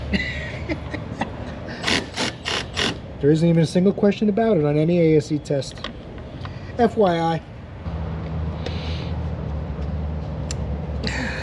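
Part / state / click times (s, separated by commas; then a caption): plastic clip into radiator shroud (part not certain) / seated / 10.5 s. During radiator work, a plastic part or clip, likely on the radiator shroud, is pushed into place while someone talks over a steady low hum. A sharp click is heard at 10.5 s, and the clip is seated.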